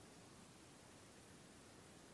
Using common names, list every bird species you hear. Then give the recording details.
none. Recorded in France